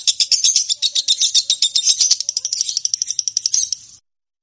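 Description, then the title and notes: Lovebird giving a quick series of high, raspy chirps that gradually soften and stop after about four seconds. Champion (juara) lovebird singing (kicau). "Love Brid Juara. Kicau Lovebird"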